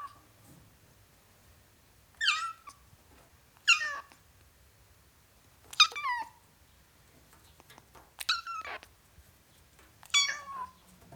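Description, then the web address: Domestic cat meowing: five high, wavering meows, each falling at the end, spaced about two seconds apart over a quiet background. Ten-week-old kitten, meowing. "The BBC Sound Effects Library. Ten Week Old Kitten, Meowing"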